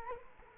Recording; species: mosquito wingbeat signal from an infrared sensor; Culex quinquefasciatus